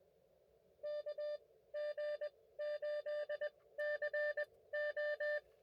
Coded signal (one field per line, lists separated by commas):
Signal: Morse code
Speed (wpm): 19 wpm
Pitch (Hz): 590 Hz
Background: none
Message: KG8CO